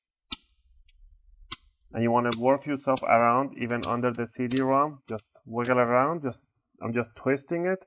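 On a Lenovo Ideapad 330 laptop, a plastic opening tool wedged between the palm rest and the bottom casing is twisted, and the plastic snap clips pop loose with sharp clicks at 0.3 s and 1.5 s. A faint tick comes between them, and then someone talks while working around the edge, including under the CD-ROM drive. The palm rest clips release from the bottom casing.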